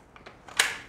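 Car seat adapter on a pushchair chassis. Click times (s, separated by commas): 0.6 s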